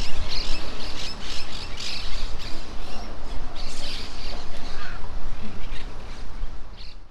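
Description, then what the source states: Monk parakeet calls: harsh, overlapping screeches from several birds, coming in rapid bursts over a steady low rumble. Monk parakeets calling in trees near the coast at Playa Ancha.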